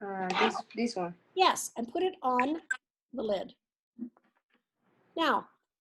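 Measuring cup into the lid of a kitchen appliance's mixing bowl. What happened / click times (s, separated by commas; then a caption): The plastic cup is handled near the lid but has not yet seated / none. A plastic measuring cup is being handled at the opening of a kitchen appliance's mixing-bowl lid while someone talks. A faint short tick comes near 4.2 seconds, but the cup has not yet seated or locked in place when the clip ends.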